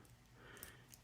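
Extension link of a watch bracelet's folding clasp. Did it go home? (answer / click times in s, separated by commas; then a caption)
no / none. Someone tries to lock the folding Easy Link extension link of a U 1001 U6710 watch's metal bracelet clasp into place, but it won't stay and comes undone. Over a low background hum, only faint, brief ticks are heard, near 0.1, 0.6 and 0.9 seconds. Nothing clicks or seats.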